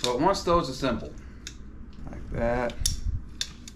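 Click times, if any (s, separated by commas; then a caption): 3.4 s. Someone talks while an assembly clip is pushed home into a printer stand panel. A sharp click is heard at 3.4 s, with a few softer ticks around it. The clip seats in place.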